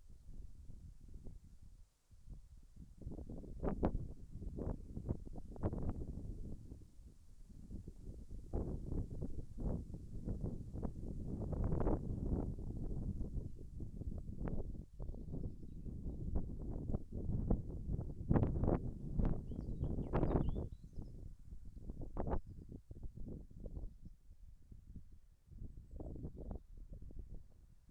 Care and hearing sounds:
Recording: everyday scene through a hearing-aid microphone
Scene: wind on the microphone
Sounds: wind, birds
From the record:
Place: in front of a rural house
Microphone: behind the ear, right, rear

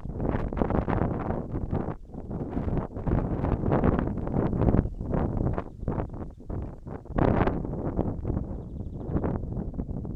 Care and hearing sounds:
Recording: everyday scene through a hearing-aid microphone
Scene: wind on the microphone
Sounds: wind, birds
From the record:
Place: in front of a rural house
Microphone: behind the ear, right, front

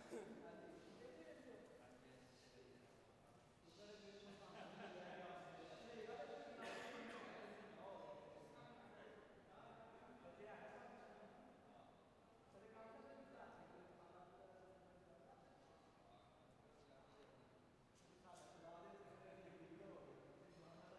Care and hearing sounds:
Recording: everyday scene through a hearing-aid microphone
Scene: reverberant space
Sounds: background noise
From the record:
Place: railway station hall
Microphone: behind the ear, right, front

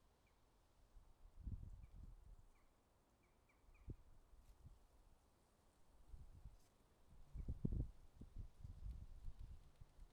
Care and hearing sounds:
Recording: everyday scene through a hearing-aid microphone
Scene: wind on the microphone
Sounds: wind, traffic, birds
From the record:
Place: suburban garden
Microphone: in the ear canal, left

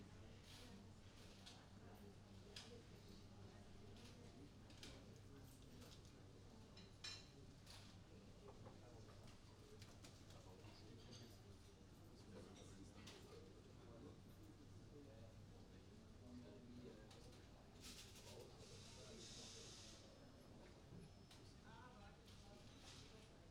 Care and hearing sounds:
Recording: everyday scene through a hearing-aid microphone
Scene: many people talking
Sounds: many voices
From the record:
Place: university cafeteria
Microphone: in the ear canal, right

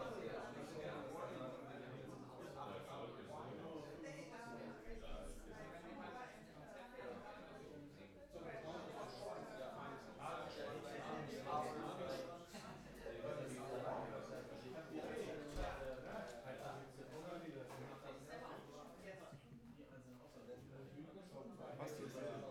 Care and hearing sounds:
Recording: everyday scene through a hearing-aid microphone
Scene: many people talking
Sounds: many voices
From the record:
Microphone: behind the ear, right, front

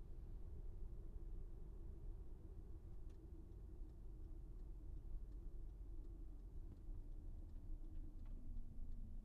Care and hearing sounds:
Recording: everyday scene through a hearing-aid microphone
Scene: in a vehicle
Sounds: engine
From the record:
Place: VW T5 Caravelle, diesel engine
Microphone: behind the ear, right, front

